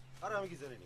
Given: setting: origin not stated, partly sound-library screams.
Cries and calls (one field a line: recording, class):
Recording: one-second piece from a danger detection set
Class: normal situation